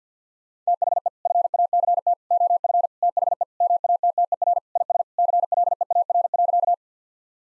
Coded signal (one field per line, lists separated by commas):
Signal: Morse code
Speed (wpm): 50 wpm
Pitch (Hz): 700 Hz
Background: none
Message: THE FACT OF THE MATTER IS CLEAR.